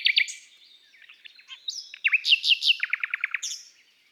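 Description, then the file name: Common nightingale with a rich, fast-changing phrase: double chirps, rising whistles, sharp downslurred notes and a quick run of repeated lower notes. From an album of bird songs of woods and forests. "Rossignol philomele Chants doiseaux des bois et des forets"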